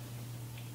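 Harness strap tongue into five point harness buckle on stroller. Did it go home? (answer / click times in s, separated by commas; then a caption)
no / none. On the second side of a stroller, after the strap is looped through, the tongue of a five-point harness strap is brought toward the plastic harness buckle to connect it back up. A steady low hum runs throughout with faint ticking handling sounds, and a brief louder sound comes right at the very end. Nothing has seated or clicked yet.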